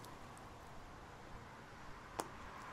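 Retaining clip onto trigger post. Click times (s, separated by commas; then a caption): 2.2 s. The final small steel retaining clip is pressed onto its post in a Jewell trigger assembly, with a faint background hiss and a few soft ticks. A single very faint, sharp click at 2.2 s marks the clip seating home.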